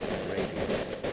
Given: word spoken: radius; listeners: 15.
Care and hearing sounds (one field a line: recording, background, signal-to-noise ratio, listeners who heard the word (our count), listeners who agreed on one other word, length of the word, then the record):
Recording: one English word in noise, from a listening test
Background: noise modulated by three-talker babble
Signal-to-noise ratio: -7.7 dB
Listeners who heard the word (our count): 3 of 15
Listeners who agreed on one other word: 7 of 15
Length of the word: 0.73 s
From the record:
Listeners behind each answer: 7, 3, 1, 1, 1, 1, 1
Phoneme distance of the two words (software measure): 20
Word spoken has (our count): 2 syllables, 5 phonemes, stress on syllable 1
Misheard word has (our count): 3 syllables, 5 phonemes, stress on syllable 1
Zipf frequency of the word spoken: 3.33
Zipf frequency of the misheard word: 4.82